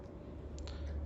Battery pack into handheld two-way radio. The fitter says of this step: first we'll slot in the battery you hear a click